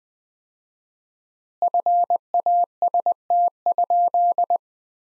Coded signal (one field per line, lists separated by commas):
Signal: Morse code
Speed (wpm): 20 wpm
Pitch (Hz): 700 Hz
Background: none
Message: FAST?